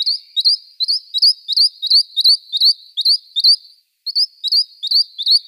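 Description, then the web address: Western rock nuthatch song: loud rising whistled notes, about three per second, in a steady series with one short break. "Schulze Peter Rock Nuthatch song"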